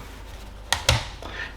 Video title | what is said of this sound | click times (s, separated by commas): Portable Monitor - GEEKOM PM16 1920*1200 Full HD - 1321 | and it magnetically locks in place then this little tap folds over | 0.7 s, 0.9 s